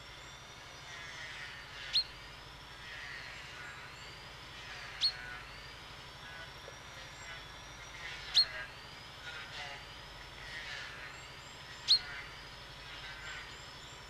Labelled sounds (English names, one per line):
Common Chaffinch call